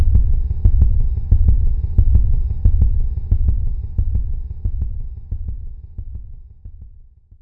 Heartbeat.